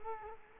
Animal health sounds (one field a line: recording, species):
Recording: mosquito wingbeat signal from an infrared sensor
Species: Culex quinquefasciatus